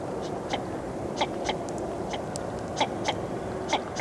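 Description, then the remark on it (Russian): Northern shoveler duck calls: a series of short, clipped notes repeating at an uneven pace, about a dozen in a few seconds, rising above a steady hiss of background noise. “Или широконоска.”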